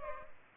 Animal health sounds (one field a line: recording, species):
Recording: mosquito wingbeat signal from an infrared sensor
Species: Culex pipiens